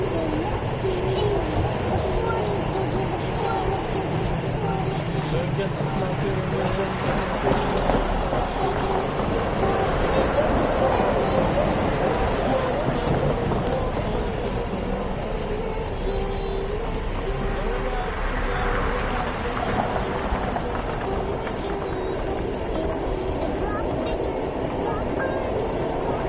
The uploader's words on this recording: Recording of Interstate 91 in Northampton MA in 1998. All recordings by Dan Bodah.